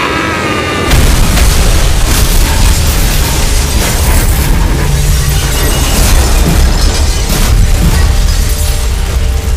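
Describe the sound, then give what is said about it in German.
A plane crash: a brief droning engine tone is cut off by a sudden violent impact, followed by a loud, sustained roaring explosion of the kerosene fuel, full of crackling, rattling debris. “Das Kerosin explodierte, vergrub die Trümmer unter einem Flammenmeer.”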